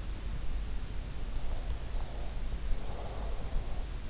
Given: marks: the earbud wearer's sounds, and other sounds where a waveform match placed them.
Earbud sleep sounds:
sounds in sleep by an in-ear microphone; breath
1.55-3.71 s: breath

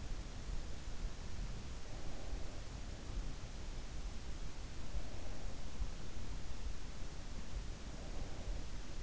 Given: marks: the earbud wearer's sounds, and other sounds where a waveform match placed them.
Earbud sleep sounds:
sounds in sleep by an in-ear microphone; breath
1.52-3.18 s: breath
4.63-6.17 s: breath
7.58-9.03 s: breath

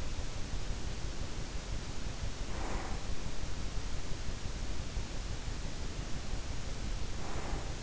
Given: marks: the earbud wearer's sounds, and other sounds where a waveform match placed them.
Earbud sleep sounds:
sounds in sleep by an in-ear microphone; breath
0.17-3.22 s: breath
5.23-7.83 s: breath

